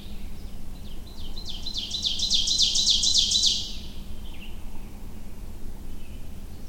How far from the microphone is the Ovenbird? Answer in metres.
about 10 m